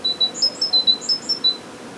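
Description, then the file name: Great tit calling with short high piping notes, lower and higher tones alternating quickly, about nine notes in a second and a half, then quiet. "Parus major"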